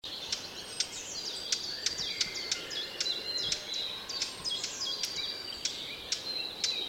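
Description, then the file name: Eurasian blackcap calls: hard, clicking tac notes repeated irregularly throughout, with thin high whistled tones behind. "Sylvia atricapilla"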